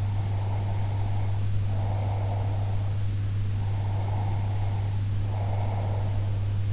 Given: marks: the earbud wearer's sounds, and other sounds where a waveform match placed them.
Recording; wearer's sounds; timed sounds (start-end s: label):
sounds in sleep by an in-ear microphone; breath
0.00-2.91 s: breath
3.62-6.40 s: breath